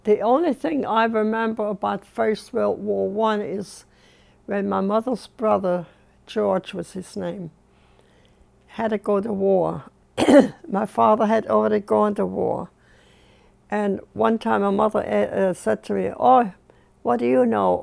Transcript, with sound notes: The, the only thing I remember about first World War One is when my mother's brother, George was his name, had to go to war. (she coughs) My father had already gone to war. And one time my mother said to me, "Oh, what do you know?"